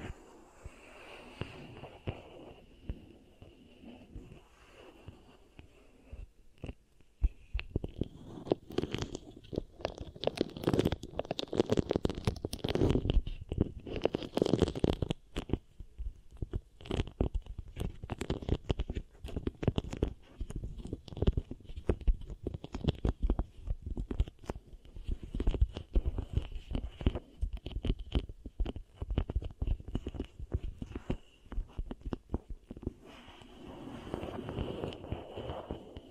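Beeswax is pressed and kneaded as ear triggers, giving dense sticky crackles and soft crunches. It starts quiet, turns busy and crackling from about eight seconds, and thins out near the end, with a faint steady high whine running underneath throughout.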